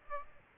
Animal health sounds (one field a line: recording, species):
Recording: mosquito wingbeat signal from an infrared sensor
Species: Aedes aegypti